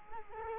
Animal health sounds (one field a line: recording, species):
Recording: mosquito wingbeat signal from an infrared sensor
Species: Culex quinquefasciatus